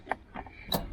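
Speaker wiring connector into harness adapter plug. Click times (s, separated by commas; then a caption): 0.1 s, 0.7 s. A plastic wiring-harness connector for a new speaker is pushed into its harness adapter plug with the side tabs pressed, on an EJ/EK4/EK9 car. Two sharp clicks sound at 0.1 s and 0.7 s, with fainter ticks between and after. The connector is confirmed seated.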